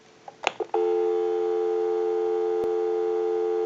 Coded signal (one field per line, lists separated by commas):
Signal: telephone call progress tone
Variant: North America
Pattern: dial tone